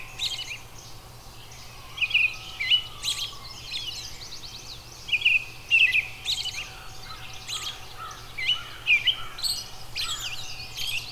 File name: Robin